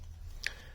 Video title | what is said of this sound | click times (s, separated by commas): How To Build a DIY Chicken Feeder | edge here, it's going to snap into place. Boom! And then it's not going to go anywhere. | 0.5 s